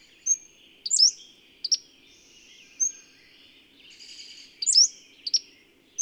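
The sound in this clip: Bird song: a few high chirps and whistles with a soft buzzy passage between them, low hum in the background.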